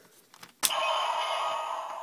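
A tabbed plastic piece of a toy vending-machine bike is flipped up into the bike body, with a few faint soft taps around 0.3–0.4 s. A sharp click at 0.7 s is followed by a sustained ringing tone that slowly fades through the rest of the clip. The part clicks and seats into place.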